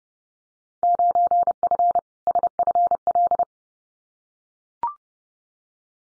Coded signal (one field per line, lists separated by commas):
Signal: Morse code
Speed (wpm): 30 wpm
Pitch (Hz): 700 Hz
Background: none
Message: 9F SFL